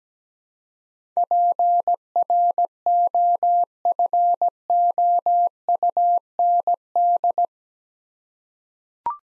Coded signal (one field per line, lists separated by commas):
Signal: Morse code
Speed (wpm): 17 wpm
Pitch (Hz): 700 Hz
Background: none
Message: PROFOUND